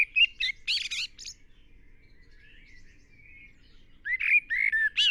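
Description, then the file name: Common blackbird song: a short fluty warble with a scratchy high twitter at the start, quiet in the middle, then another whistled phrase near the end. "Turdus merula"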